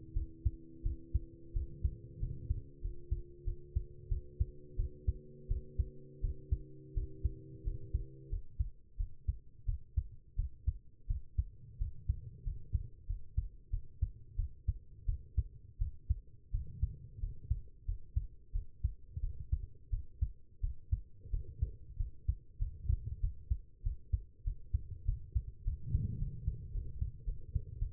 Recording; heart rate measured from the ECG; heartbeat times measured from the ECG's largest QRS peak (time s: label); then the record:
heart sounds by stethoscope; 91 bpm
0.14 s: heartbeat
0.83 s: heartbeat
1.53 s: heartbeat
2.20 s: heartbeat
2.81 s: heartbeat
3.45 s: heartbeat
4.09 s: heartbeat
4.76 s: heartbeat
5.48 s: heartbeat
6.21 s: heartbeat
6.94 s: heartbeat
7.64 s: heartbeat
8.30 s: heartbeat
8.97 s: heartbeat
9.66 s: heartbeat
10.36 s: heartbeat
11.07 s: heartbeat
11.78 s: heartbeat
12.44 s: heartbeat
13.07 s: heartbeat
13.70 s: heartbeat
14.36 s: heartbeat
15.06 s: heartbeat
15.78 s: heartbeat
16.51 s: heartbeat
17.20 s: heartbeat
17.86 s: heartbeat
18.52 s: heartbeat
19.21 s: heartbeat
19.90 s: heartbeat
20.61 s: heartbeat
21.31 s: heartbeat
21.97 s: heartbeat
22.58 s: heartbeat
23.20 s: heartbeat
23.83 s: heartbeat
24.44 s: heartbeat
25.05 s: heartbeat
25.64 s: heartbeat
26.19 s: heartbeat
26.72 s: heartbeat
27.25 s: heartbeat
27.79 s: heartbeat
From the record:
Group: healthy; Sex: female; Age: 19 years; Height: 163 cm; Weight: 51 kg